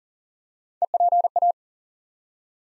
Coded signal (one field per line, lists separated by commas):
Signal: Morse code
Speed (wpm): 39 wpm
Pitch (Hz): 700 Hz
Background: none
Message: EPA